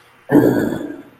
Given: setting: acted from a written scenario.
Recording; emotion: vocal sound without words; anger